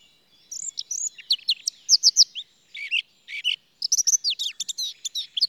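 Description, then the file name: Eurasian blackcap song, bright whistled notes and quick slurs in brisk bursts, with a short gap before a faster, richer warbling run. "Sylvia atricapilla"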